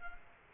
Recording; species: mosquito wingbeat signal from an infrared sensor; Culex quinquefasciatus